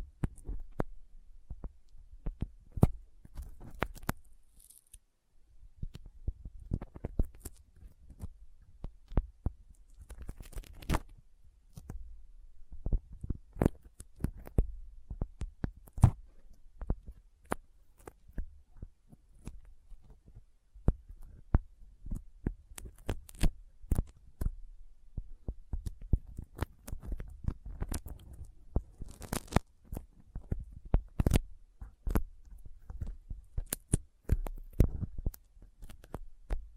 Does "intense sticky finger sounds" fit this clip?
yes